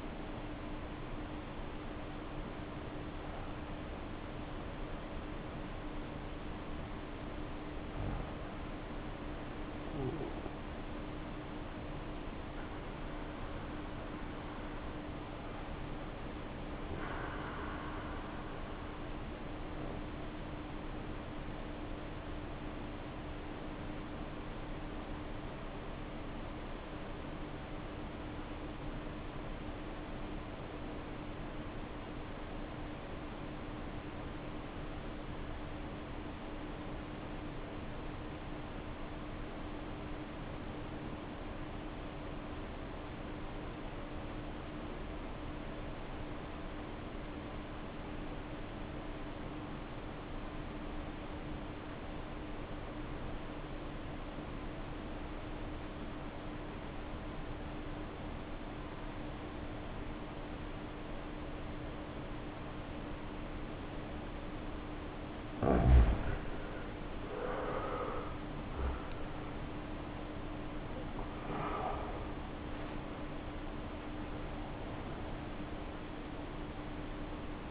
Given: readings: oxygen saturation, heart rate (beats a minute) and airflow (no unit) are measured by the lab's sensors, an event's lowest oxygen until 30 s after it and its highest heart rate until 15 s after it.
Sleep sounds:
breathing in sleep by a voice recorder at the bedside; 1
27.00-65.70 s: obstructive apnea (N1, oxygen 96% highest, then 68% lowest, heart rate 53 at the start, 81 highest)
From the record:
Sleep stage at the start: N1 (lightest sleep); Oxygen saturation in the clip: 65 to 96%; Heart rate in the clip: 50 to 89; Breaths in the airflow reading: 12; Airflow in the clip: -1.2 to 1.4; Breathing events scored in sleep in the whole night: 520 in 7.2 hours asleep

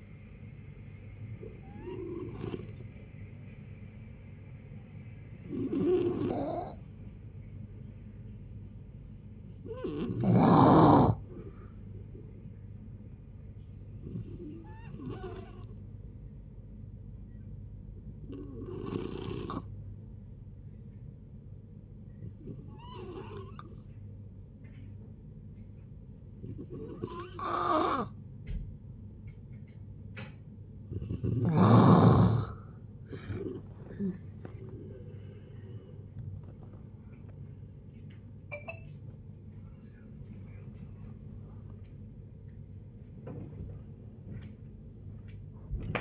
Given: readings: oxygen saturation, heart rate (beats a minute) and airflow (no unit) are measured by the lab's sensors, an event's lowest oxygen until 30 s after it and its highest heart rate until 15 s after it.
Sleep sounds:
a person awake in a sleep study, by a smartphone at the bedside; none
0.00-46.01 s: awake
0.00-46.01 s: awake
From the record:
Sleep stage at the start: awake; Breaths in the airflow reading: 12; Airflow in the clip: -0.7 to 0.8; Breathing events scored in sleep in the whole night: 496 in 5.4 hours asleep

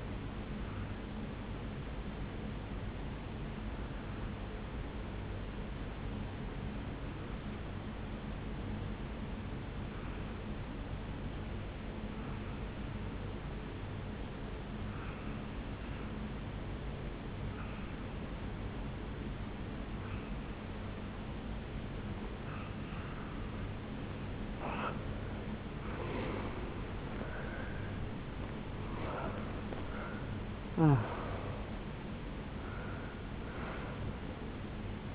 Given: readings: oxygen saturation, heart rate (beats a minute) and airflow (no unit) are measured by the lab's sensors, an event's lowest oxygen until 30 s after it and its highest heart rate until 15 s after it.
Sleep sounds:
breathing in sleep by a voice recorder at the bedside; 1
3.00-23.90 s: obstructive apnea (N1, oxygen 96% highest, then 88% lowest, heart rate 52 at the start, 76 highest)
3.00-33.00 s: new sleep stage, N2 (light sleep)
33.00-35.15 s: new sleep stage, N1 (lightest sleep)
From the record:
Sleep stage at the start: N1 (lightest sleep); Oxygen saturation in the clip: 90 to 96%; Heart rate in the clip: 52 to 76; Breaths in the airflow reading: 5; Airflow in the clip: -9.6 to 7.1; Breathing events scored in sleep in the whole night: 449 in 7.0 hours asleep

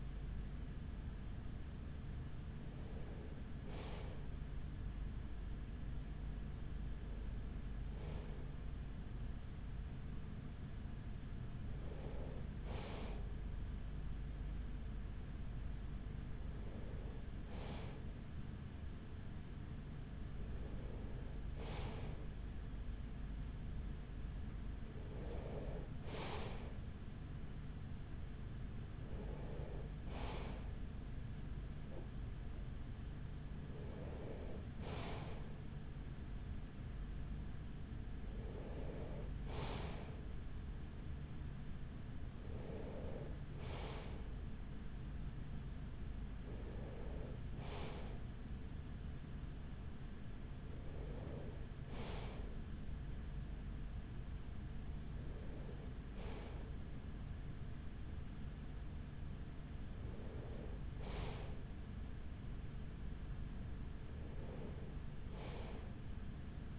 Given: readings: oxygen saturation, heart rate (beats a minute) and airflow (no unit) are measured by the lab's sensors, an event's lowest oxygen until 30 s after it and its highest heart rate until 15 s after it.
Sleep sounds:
breathing in sleep by a smartphone at the bedside; none
none scored
From the record:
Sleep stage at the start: N3 (deep sleep); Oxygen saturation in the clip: 94 to 95%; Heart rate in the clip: 42 to 46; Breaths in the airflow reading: 15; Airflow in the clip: -6.4 to 6.1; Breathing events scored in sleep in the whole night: 207 in 7.6 hours asleep

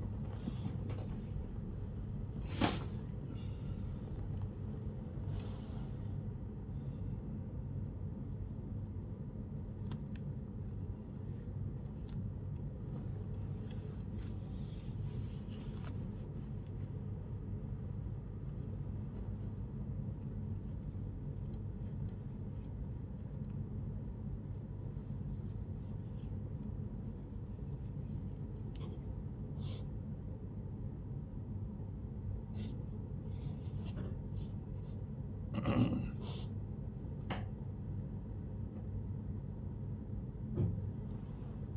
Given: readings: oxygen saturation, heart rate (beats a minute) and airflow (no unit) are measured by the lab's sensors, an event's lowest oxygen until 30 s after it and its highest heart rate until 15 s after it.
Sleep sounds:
a person awake in a sleep study, by a smartphone at the bedside; none
0.00-41.77 s: awake
From the record:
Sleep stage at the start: awake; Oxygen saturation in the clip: 96%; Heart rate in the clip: 80 to 84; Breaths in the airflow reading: 8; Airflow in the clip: -10.5 to 11.0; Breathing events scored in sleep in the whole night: 131 in 7.2 hours asleep

